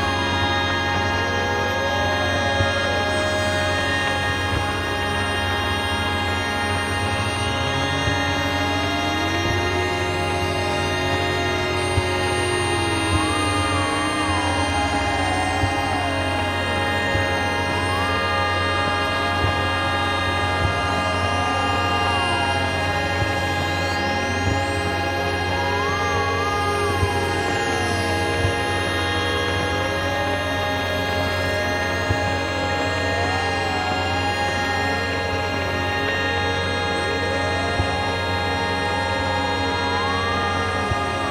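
A hybrid bus's electric motor whines continuously, its tones sweeping up and down in overlapping arcs over a steady low hum and dense electrical buzz.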